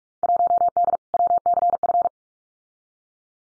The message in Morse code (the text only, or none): 1D WCF